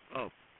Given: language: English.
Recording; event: throat vibration sensor signal played as sound; speech